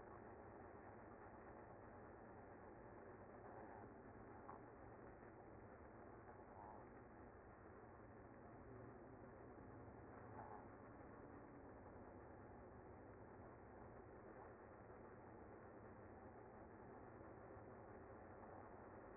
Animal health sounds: honeybee colony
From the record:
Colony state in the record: active

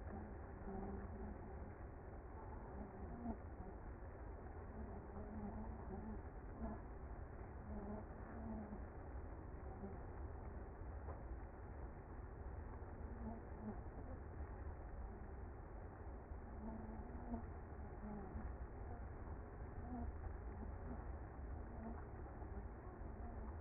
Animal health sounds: honeybee colony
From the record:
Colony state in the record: active

